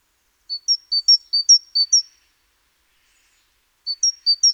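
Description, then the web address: Great tit singing a bright see-saw phrase, two notes repeated four times quickly, a pause of about two seconds, then the phrase starts again. "SETE Parus major"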